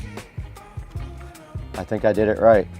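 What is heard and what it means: Someone pushes the second half of a watch band into the opposite lug of a smartwatch while talking, with music playing in the background and a couple of brief handling taps. The band is only being handled so far; nothing has seated or clicked yet.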